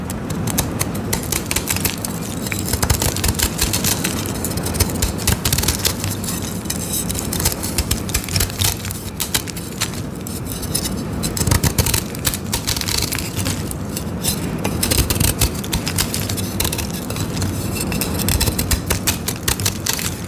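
A blade steadily shaves dyed chalk in dense scraping strokes, with crisp crumbling crunches and brief ticks throughout.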